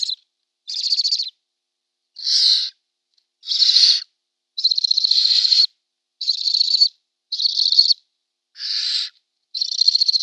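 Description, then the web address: Barn owl begging calls, a series of high, buzzy, snoring hisses, each up to about a second long, given irregularly about once a second with short silent gaps. Downy young. "Schulze Peter Barn Owl downy Young"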